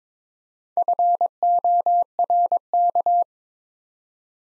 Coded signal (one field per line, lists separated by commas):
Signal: Morse code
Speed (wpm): 22 wpm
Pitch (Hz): 700 Hz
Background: none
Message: FORK